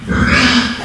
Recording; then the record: squeal of a Yucatan mini pig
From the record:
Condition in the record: after surgery on the right vocal fold (resection and tissue-engineered implant); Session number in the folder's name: 13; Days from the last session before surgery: 113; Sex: female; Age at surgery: 19 weeks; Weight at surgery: 25 kg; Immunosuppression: prednisolone